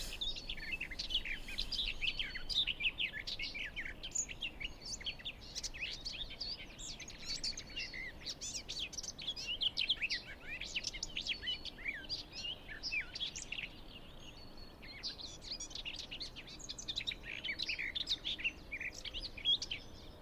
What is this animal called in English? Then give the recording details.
Garden Warbler. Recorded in the wild. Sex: male. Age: adult. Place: Hobrechtsfelder Rieselfelder, Naturpark Barnim, Berlin, DE. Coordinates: 52.6683, 13.4678. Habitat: hedge. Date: 2008-05-03. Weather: fair, ca. 15°C, weak south-westerly winds. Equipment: Sound Devices 702, Sennheiser MKH 70, Windkorb. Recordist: Frommolt, Karl-Heinz. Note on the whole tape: Heckenreihe im Westen des großen Reinigungsteiches: Gesang einer Gartengasmücke in der Spitze eines Ahornbaumes. Tier gesehen. Entfernung 22 m